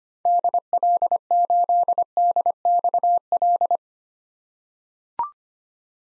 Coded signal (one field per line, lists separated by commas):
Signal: Morse code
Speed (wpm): 25 wpm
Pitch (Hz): 700 Hz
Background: none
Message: DL8DXL